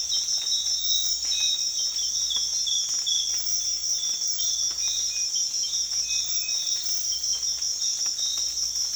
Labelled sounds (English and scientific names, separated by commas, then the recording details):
none
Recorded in secondary vegetation near Puerto Asís, Putumayo, Colombia, on 25 June 2025 at 05:30
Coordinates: 0.485, -76.322
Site GP06